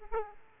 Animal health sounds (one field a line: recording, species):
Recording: mosquito wingbeat signal from an infrared sensor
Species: Aedes aegypti